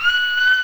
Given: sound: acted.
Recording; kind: vocal sound; neutral vocalization